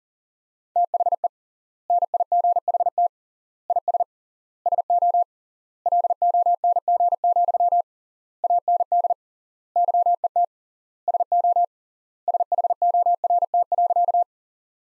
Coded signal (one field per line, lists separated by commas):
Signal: Morse code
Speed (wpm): 40 wpm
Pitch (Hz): 700 Hz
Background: none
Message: THE NIGHT IS SO LONG, AND YET SO SHORT.